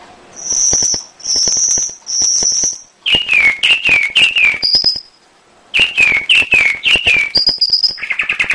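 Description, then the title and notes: Canary song of three long high whistled tones, then groups of rapid descending chirps, each group followed by a high whistled note, ending on a lower buzzy note. Masteran lure song, a recording used to train caged songbirds and excite them to sing. "PANCINGAN SUARA MASTERAN KENARI BIKIN BURUNG MAKIN MENGGILA. masteran kicau kenari"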